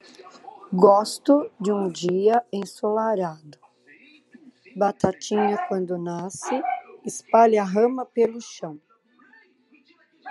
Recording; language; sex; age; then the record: short text; Brazilian Portuguese; female; 60 to 69 years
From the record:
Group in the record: control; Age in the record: 63 years